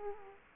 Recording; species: mosquito wingbeat signal from an infrared sensor; Culex quinquefasciatus